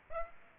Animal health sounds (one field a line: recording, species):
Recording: mosquito wingbeat signal from an infrared sensor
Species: Aedes aegypti